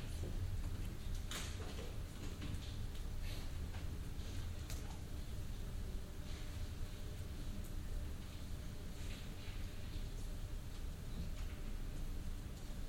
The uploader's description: Quiet sounds in the reading room of the Central Library in The Hague